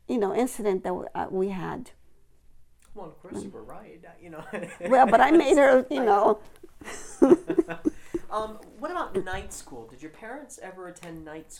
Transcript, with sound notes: you know, incident that we had.
Well, of course you were right.
Well, but I made her, you know.... (they laugh)
What about night school? Did your parents ever attend night school?